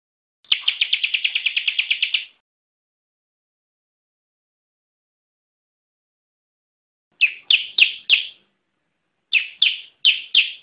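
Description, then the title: Bar-winged prinia song: a rapid, steady trill of clipped notes, a long silence, then two bursts of several separate ringing chirps. "Ciblek"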